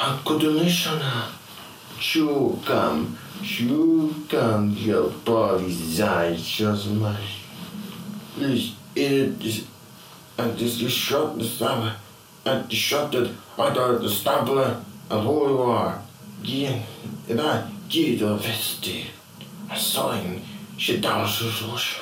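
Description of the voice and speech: Adult autistic man with echolalia: he reproduces memorized fragments of films, conversations and songs, copying the prosody and sound of languages, here in English- and Japanese-like phrases separated by short pauses.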